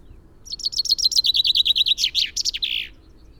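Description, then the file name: Common chaffinch song: a rapid run of high, sweet notes that descends, ending in a short buzzy flourish. "Fringilla coelebs"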